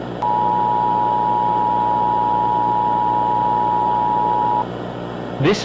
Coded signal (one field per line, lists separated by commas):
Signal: Emergency Alert System (SAME) tones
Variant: 853 and 960 Hz attention tone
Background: speech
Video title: Eas scenario: Trains cant talk!